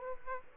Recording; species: mosquito wingbeat signal from an infrared sensor; Aedes aegypti